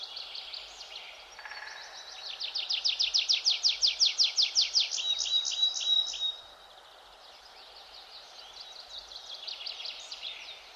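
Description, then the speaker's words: Tree pipit singing a fast, high, even trill of repeated notes, then a brief thin whistle, followed by softer, scattered high twittering. Sings intensively in pine monoculture forest and plantations, also through the day, not only at dawn; very numerous now, seemingly more singing than around 5 a.m. "Natomiast posłuchajcie sobie świergotka drzewnego."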